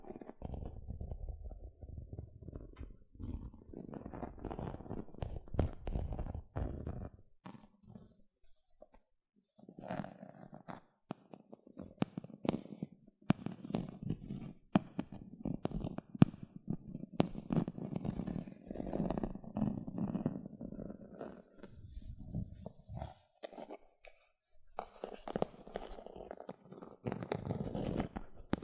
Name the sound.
Tingly Gentle Scratching Sounds